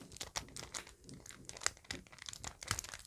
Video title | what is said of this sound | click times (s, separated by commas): How To set up a GAN XS | You put your finger in and you should hear it click up twice. | 1.7 s, 2.7 s